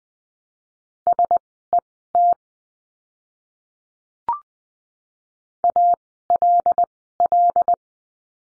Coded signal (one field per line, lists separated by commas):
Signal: Morse code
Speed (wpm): 20 wpm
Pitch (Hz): 700 Hz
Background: none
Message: SET ALL